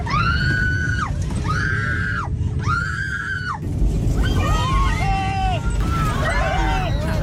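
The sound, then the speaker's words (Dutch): Airplane passengers frightened by turbulence scream in rising and falling arcs over a constant low rumble, long wails at first, then a cluster of overlapping shorter shrieks and yells. “Nou, dit zijn mensen in vliegtuigen die bang zijn vanwege turbulentie.”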